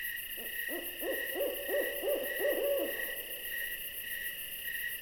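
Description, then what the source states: Owl giving a run of about seven short arched notes, evenly spaced, with crickets pulsing steadily in the background. An owl paying a visit.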